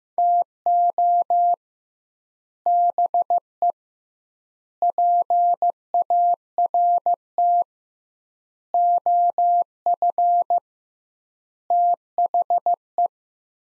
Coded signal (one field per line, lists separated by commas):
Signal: Morse code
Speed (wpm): 16 wpm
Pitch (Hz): 700 Hz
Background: none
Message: TO BE PART OF THE